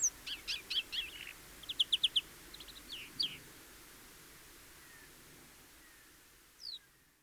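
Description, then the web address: European greenfinch calling, a run of quick twittering notes and a short fast trill in the first three seconds, then near silence with one late call. "SETE Chloris chloris"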